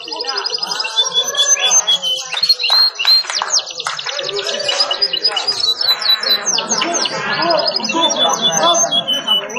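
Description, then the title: Canary song, fast high trills and whistled rolls mixed with busy lower chattering and warbling sounds throughout. Canary song described as vigorous, insistent and with long rolls, meant to make other canaries answer at once. "LANGSUNG NYAUT GACOR DOR Kenari Manasaja, Dengan Kicau Kenari GACOR NGOTOT ROLL PANJANG"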